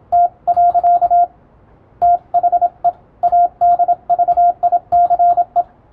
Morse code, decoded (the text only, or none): T. THE ADVICE